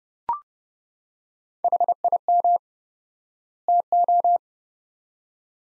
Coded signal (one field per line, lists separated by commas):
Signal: Morse code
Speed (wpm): 31 wpm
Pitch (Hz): 700 Hz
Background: none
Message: HIM TO